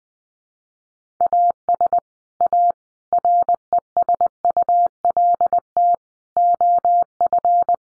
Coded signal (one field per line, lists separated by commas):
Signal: Morse code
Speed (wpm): 20 wpm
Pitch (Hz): 700 Hz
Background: none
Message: AS A RESULT OF